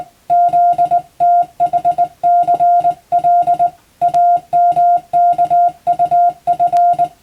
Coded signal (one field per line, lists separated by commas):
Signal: Morse code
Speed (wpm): 21 wpm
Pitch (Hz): 700 Hz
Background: music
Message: ZTHCL AMKUF